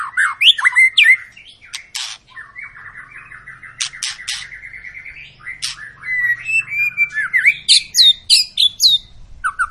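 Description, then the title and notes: White-rumped shama singing a varied medley of slurred whistles and sharp high clicks, with a long stretch of fast rattling trill, ending in rapid repeated notes. Long lure song of a vigorously singing (gacor) shama, used to stimulate other birds to sing. "Pancingan Murai Batu Gacor Panjang. muraiku"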